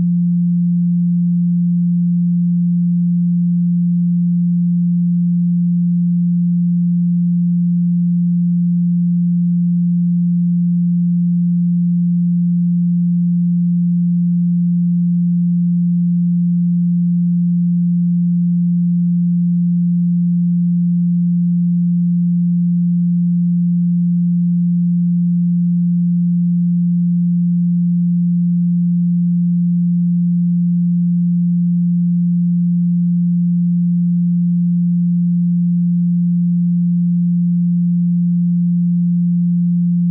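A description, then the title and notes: A pure tone at 174 Hz hums without pause for the whole forty seconds. It holds one low pitch, smooth and unwavering, at an even, strong level. No other sounds, swells or breaks appear alongside it. 174 HZ POWERFUL PURE TONE Solfeggio Frequency. 174 Hz Solfeggio frequency music.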